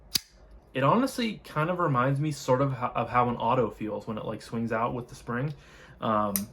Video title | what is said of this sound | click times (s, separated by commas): Knife Review - Civivi Synergy 3 | and honestly like when when it fires and locks into place | 0.2 s